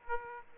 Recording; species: mosquito wingbeat signal from an infrared sensor; Aedes aegypti